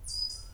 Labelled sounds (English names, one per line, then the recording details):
Stitchbird song
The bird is a male
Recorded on Tiritiri Matangi Island, New Zealand, in 2005
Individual 11, of nest box 13